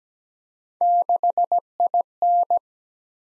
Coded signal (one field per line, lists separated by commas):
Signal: Morse code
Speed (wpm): 17 wpm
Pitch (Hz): 700 Hz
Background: none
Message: 6IN